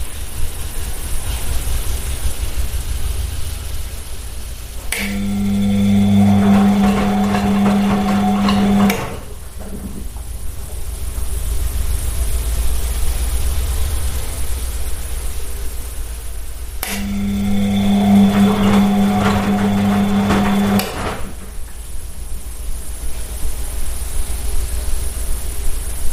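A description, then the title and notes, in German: A washing machine runs with a steady low rumble and a faint high whine throughout. Twice, around 5 and 17 seconds, a louder humming tone starts and holds for about four seconds, like the drum motor turning, then cuts off cleanly. Diese Episode präsentiert die sanften Geräusche einer laufenden Waschmaschine. Sanfte Waschmaschinenklänge.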